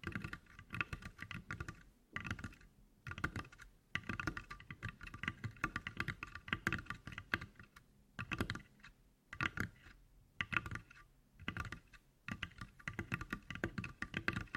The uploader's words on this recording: ASMR Tapping For Sleep and Endless Tingles (No Talking).